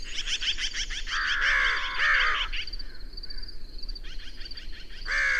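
Birds calling, quick chattering notes at first, then long grating caws, a lull, and another loud caw at the end.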